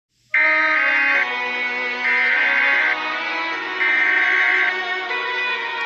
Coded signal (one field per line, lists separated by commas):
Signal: Emergency Alert System (SAME) tones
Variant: header bursts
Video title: EAS SCENARIO 13: The Unvitational Committee Attack